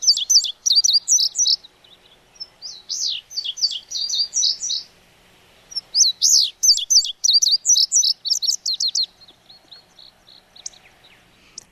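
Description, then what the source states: Indigo Bunting song: three high, shrill phrases of quick, paired notes, with short pauses between them. Notes tend to be paired; song remembered with the words 'fire, fire, where, here, here'.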